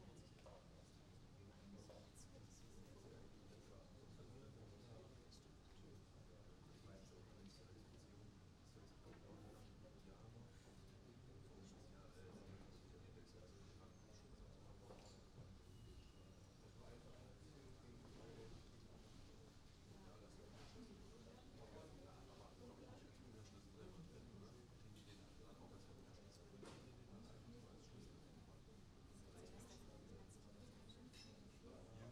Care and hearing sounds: everyday scene through a hearing-aid microphone; many people talking; many voices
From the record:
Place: university cafeteria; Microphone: in the ear canal, right

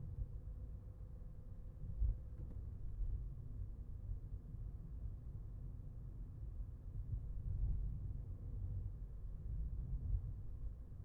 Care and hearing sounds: everyday scene through a hearing-aid microphone; in a vehicle; engine, highway traffic jam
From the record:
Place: Skoda Fabia, gasoline engine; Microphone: behind the ear, left, rear

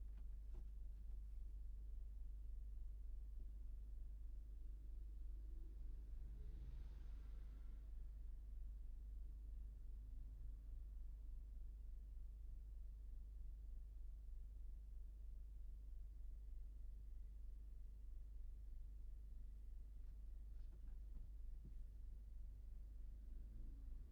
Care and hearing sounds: everyday scene through a hearing-aid microphone; in a vehicle; engine idling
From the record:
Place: Berlingo II, diesel engine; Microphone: behind the ear, right, rear

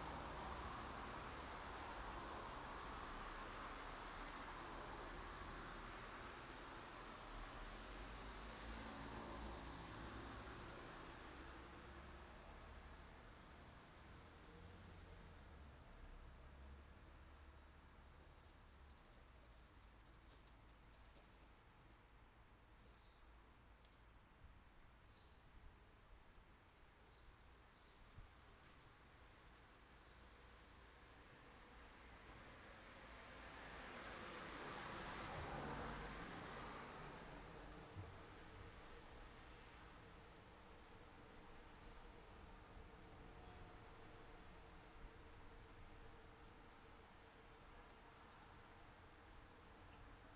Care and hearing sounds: everyday scene through a hearing-aid microphone; in traffic; traffic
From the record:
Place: city secondary road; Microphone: in the ear canal, right

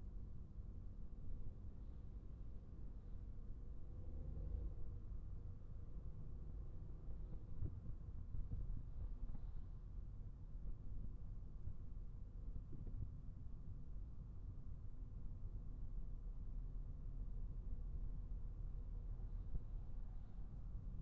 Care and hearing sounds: everyday scene through a hearing-aid microphone; in a vehicle; engine, traffic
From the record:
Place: Skoda Fabia, gasoline engine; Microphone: behind the ear, right, front

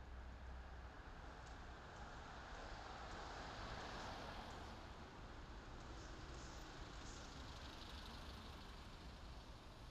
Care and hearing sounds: everyday scene through a hearing-aid microphone; in traffic; traffic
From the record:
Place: main city hub, rush hour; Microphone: in the ear canal, left

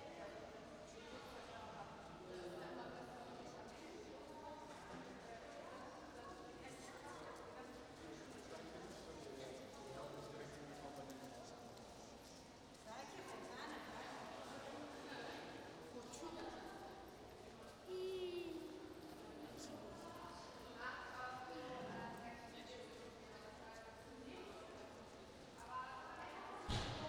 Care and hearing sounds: everyday scene through a hearing-aid microphone; reverberant space; background noise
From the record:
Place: railway station hall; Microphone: in the ear canal, right

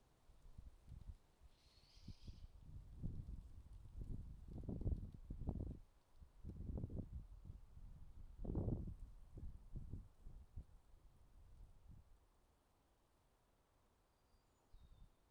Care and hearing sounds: everyday scene through a hearing-aid microphone; wind on the microphone; wind, traffic, birds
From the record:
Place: suburban garden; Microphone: in the ear canal, left

